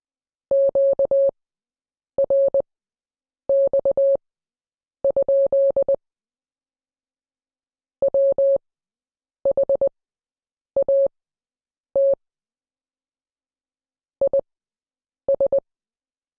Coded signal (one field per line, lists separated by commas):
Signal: Morse code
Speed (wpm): 20 wpm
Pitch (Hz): 550 Hz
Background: none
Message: QRX? WHAT IS